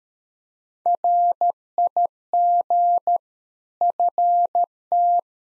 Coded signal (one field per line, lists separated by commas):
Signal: Morse code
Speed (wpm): 13 wpm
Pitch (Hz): 700 Hz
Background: none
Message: RIG FT